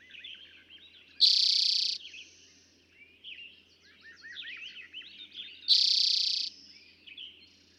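Eastern towhee singing a loud buzzy trill phrase twice, about four and a half seconds apart, over busy softer chirping.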